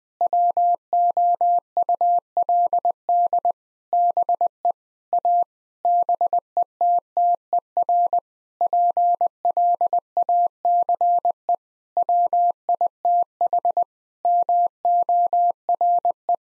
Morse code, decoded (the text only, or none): WOULD BE A BETTER PLACE WITH MORE